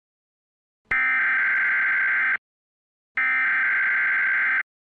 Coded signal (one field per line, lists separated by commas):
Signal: Emergency Alert System (SAME) tones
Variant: header bursts